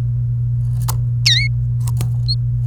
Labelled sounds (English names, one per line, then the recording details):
Domestic Canary song
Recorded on 29 April 2018 at 09:03
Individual llb3